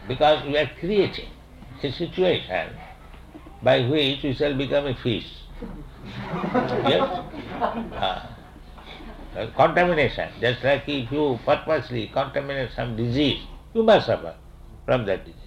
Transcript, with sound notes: because we are creating a situation by which we shall become a fish. [laughter] Yes. Contamination. Just like if you purposely contaminate some disease, you must suffer from that disease.